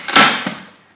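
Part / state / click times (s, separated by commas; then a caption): food processor lid onto jug / seated / 0.2 s. The plastic lid of a Lidl food processor, its arrow lined up with the unlock button, is twisted onto the see-through jug until it locks into place. A single sharp, bright click lands at 0.2 s, followed by a softer knock near 0.5 s and a quick fade. The lid is seated and locked.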